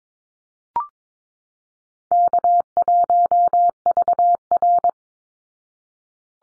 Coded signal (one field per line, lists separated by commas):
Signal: Morse code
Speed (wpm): 22 wpm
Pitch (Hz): 700 Hz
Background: none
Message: K1VR